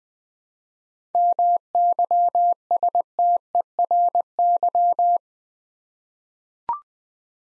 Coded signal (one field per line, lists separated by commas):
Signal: Morse code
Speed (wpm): 20 wpm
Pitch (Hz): 700 Hz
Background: none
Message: MYSTERY